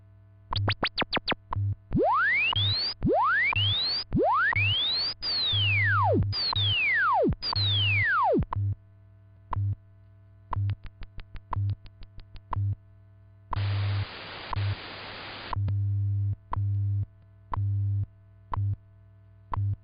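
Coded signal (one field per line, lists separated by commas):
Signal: radio time signal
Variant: WWV HamSCI test signal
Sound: rapid beeps, then repeated falling whistle sweeps, a hiss burst, then more short tones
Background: steady low hum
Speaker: M will be broadcasting a test signal on minute eight of each hour on WWV and minute 48 on wwvh this signal has been created to assist in ionospheric research and is a joint effort of the ham radio citizen science investigation and nist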